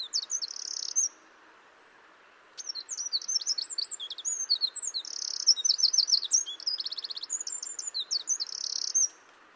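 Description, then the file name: Eurasian wren pouring out a long, very high, fast song of trills, buzzy rattles and sharp notes after a short opening phrase and a gap. "Troglodytes troglodytes"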